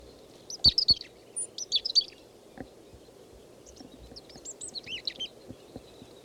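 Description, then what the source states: Chickadee calls: brief clusters of thin, high chirping notes, loudest early on, then softer groups later, with occasional sharp clicks and a faint low background hum. Chickadee foraging in a thicket of mostly live pine near the ground, giving three calls, no others seen nearby; wind blowing; around 10:20.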